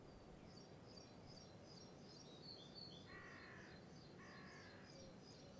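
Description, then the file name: Crow: two rough, drawn-out caws about a second apart, with a small bird's rapid high chirping running throughout and a low background hiss. Country atmosphere recording with birds. "country birds crows flies roos"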